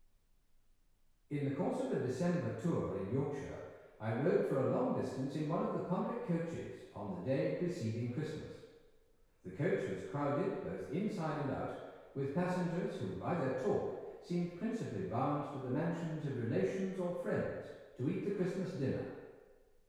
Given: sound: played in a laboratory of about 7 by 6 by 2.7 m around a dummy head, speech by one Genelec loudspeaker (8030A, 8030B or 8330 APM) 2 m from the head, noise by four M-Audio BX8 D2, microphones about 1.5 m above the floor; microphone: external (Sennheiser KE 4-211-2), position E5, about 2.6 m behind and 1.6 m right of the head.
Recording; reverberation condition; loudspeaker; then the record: male speech in English; high; behind (180 degrees)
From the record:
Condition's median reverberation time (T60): about 1300 ms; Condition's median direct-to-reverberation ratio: about -4.0 dB